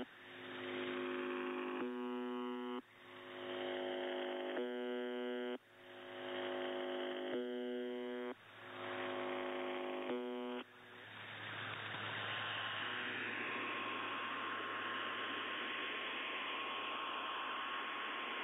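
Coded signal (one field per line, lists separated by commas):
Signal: channel marker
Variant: UVB-76 (The Buzzer)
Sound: four rough one-second buzzes about 2.5 s apart over a hum, then hiss and a whine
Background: radio static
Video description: no clue what is happening to the Buzzer this year.. it got some parasite on the carrier wave and now its even stopping transmitting the buzzer but the parasitic audio on it remains hearable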